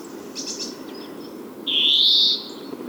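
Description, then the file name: European greenfinch giving a single drawn-out, buzzy nasal wheeze after a few faint soft notes, against a quiet low hum. "Chloris chloris"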